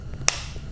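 The plastic battery cover clip on a BMW F01 (730i, 740i, 750i, 760i, 730d, 740d, 750d) car key fob is pushed into the fob housing after a difficult first attempt. A single sharp, bright click sounds at 0.3 s over a low background hum, and the clip snaps into place and is seated.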